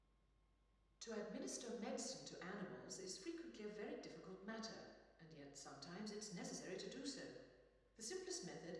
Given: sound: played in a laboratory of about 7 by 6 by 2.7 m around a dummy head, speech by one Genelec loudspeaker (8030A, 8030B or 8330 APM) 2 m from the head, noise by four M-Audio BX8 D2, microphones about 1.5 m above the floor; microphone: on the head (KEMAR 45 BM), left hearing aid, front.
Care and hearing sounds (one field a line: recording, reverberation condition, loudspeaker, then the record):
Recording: female speech in English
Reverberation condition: high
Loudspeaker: 30 degrees to the left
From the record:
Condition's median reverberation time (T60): about 1300 ms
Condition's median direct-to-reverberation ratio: about -4.0 dB